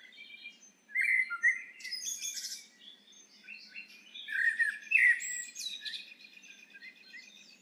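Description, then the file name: Eurasian blackbird song: two rich whistled phrases, each running into a thin, high, squeaky twitter, with soft pauses between. "Turdus merula"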